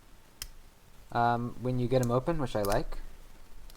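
The metal handles of a Leatherman Juice XE6 folding multitool are swung out around the pliers head and snap into the open position with a sharp click at 0.4 s. Someone talks afterward, and a faint tick follows near 3.7 s.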